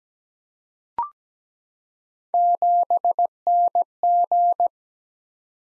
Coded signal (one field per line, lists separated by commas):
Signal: Morse code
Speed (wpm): 17 wpm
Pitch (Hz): 700 Hz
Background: none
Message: 7NG